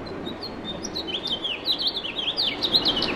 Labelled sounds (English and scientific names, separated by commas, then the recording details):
House Finch (Haemorhous mexicanus) song
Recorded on Long Island, New York, on 2 June 2012
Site CP
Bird E